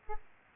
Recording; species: mosquito wingbeat signal from an infrared sensor; Aedes albopictus